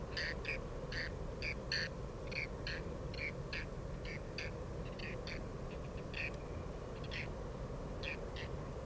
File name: fattyuszerko hangja